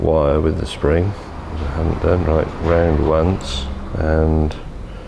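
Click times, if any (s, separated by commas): none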